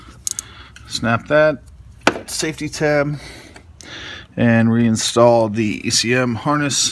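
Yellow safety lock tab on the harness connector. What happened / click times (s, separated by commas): The connector's plastic locking tab snapped shut / 0.3 s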